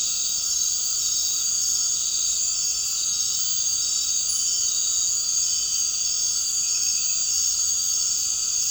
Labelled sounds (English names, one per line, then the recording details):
none
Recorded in dense forest near Puerto Asís, Putumayo, Colombia, on 8 March 2025 at 19:30
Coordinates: 0.467, -76.328
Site G041